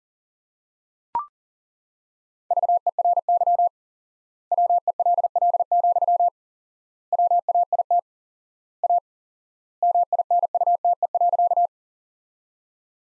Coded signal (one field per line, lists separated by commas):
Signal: Morse code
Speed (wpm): 40 wpm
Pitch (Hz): 700 Hz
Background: none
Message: VERY WELL, WAIT A MINUTE.